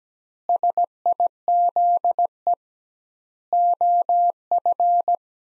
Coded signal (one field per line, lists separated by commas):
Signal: Morse code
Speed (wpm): 17 wpm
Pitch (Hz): 700 Hz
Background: none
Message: SIZE OF